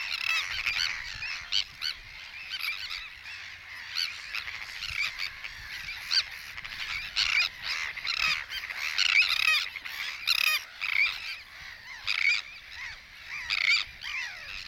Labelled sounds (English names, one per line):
Sandwich Tern call